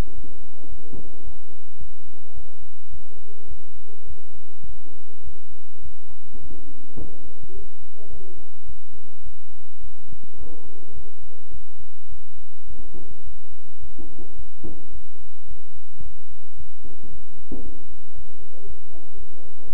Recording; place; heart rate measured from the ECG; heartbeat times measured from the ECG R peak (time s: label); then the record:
heart sounds by stethoscope; between the tricuspid and mitral areas; 108 bpm
0.15 s: heartbeat
0.69 s: heartbeat
1.24 s: heartbeat
1.79 s: heartbeat
2.34 s: heartbeat
2.90 s: heartbeat
3.48 s: heartbeat
4.07 s: heartbeat
4.66 s: heartbeat
5.24 s: heartbeat
5.82 s: heartbeat
6.40 s: heartbeat
6.98 s: heartbeat
7.54 s: heartbeat
8.10 s: heartbeat
8.66 s: heartbeat
9.23 s: heartbeat
9.81 s: heartbeat
10.38 s: heartbeat
10.94 s: heartbeat
11.51 s: heartbeat
12.09 s: heartbeat
12.67 s: heartbeat
13.24 s: heartbeat
13.80 s: heartbeat
14.36 s: heartbeat
14.92 s: heartbeat
15.48 s: heartbeat
16.03 s: heartbeat
16.57 s: heartbeat
17.11 s: heartbeat
17.63 s: heartbeat
18.15 s: heartbeat
18.67 s: heartbeat
19.17 s: heartbeat
19.67 s: heartbeat
From the record:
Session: bicycle stress test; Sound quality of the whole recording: good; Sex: male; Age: 23 years